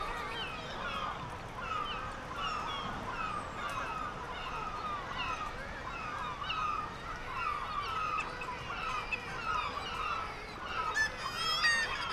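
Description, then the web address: Black-legged kittiwakes giving overlapping nasal cries, with a sharper run of high rapid calls near the end. "sound Black-legged-kittiwake. صدای-پرنده-کاکایی-پاسیاه"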